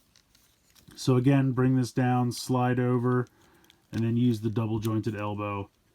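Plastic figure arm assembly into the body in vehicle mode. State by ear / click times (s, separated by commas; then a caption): not seated / none. Someone talks while handling the second arm of a plastic Transformers Legacy Voyager Class Armada Universe Starscream figure, bringing it down, sliding it over and folding it up with the double-jointed elbow into the body in vehicle mode. Two faint ticks come at about 0.2 s and 0.4 s. Nothing has seated or clicked into place yet.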